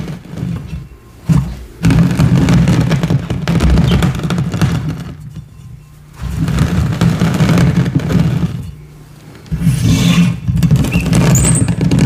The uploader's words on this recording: ASMR gym chalk and cornstarch crushing, powder play, pouring, mixing, and reforming soothing sounds.